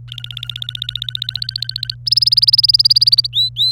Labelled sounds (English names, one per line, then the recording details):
Domestic Canary song
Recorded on 27 April 2018 at 13:48
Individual llb3